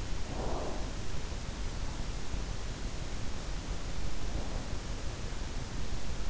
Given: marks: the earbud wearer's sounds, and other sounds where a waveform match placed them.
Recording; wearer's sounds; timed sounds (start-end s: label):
sounds in sleep by an in-ear microphone; breath
0.05-1.41 s: breath